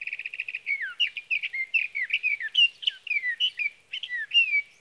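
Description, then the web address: Sage thrasher singing: quick repeated clipped notes lead into a flowing, varied warble of slurred whistles, continuing without break to the end. "birdsongforthecurious Sage Thrasher"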